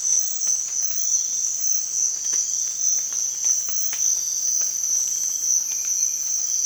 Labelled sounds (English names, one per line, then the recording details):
none
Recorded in dense forest near Puerto Asís, Putumayo, Colombia, on 25 June 2025 at 05:00
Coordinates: 0.468, -76.322
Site GP03